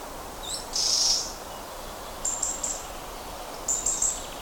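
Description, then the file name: Eurasian wren giving high, thin buzzy notes, a longer burst near the start then two shorter bursts, over a steady background hiss. "Troglodytes troglodytes"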